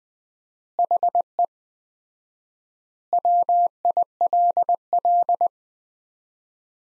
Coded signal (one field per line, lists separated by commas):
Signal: Morse code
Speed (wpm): 20 wpm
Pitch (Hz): 700 Hz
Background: none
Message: HE WILL